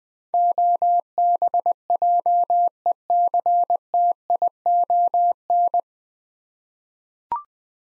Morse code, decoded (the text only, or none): OBJECTION